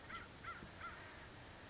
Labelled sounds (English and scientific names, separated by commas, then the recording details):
American Crow (Corvus brachyrhynchos)
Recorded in Sonoma County, California